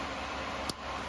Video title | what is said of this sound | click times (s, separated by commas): 5.7 Hemi Jeep Grand Cherokee WK2 fuel injector connector | so that's plugged in everything's snapped into place now | 0.7 s